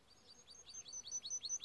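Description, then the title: Canary singing a rapid, repeated series of high, bright, sweeping chirps that swell in loudness. Timbrado breed canary; training video. "Canary Bird Singing - Timbrado training video"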